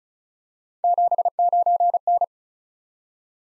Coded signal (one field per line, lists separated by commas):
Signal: Morse code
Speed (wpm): 36 wpm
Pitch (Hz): 700 Hz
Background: none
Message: 79N